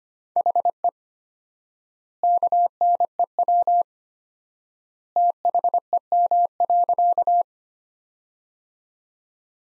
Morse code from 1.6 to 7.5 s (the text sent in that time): KNEW THEM.